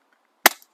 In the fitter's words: and just slide this in there like that and it should click